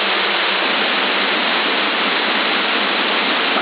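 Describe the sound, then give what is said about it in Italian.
An open, unmodulated CB radio carrier, left silent so another operator can check for hum or interference: a steady, even wash of band-limited hiss for several seconds, with a faint low hum only at the very start and no voice. “Ho già, senti qualche alternata sotto, qualsiasi disturbo, e ti lascio la portante muta.”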